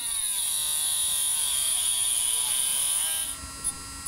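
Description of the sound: Steady high-pitched motor whine for about three seconds, then stops: routine electric trim of an alpaca's teeth, cutting off only the very top tip of what sticks out. The teeth keep growing, and the root and living part lie far down, so little can go wrong.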